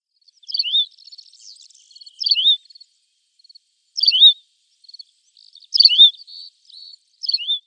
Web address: Schulze Peter Tawny Pipit song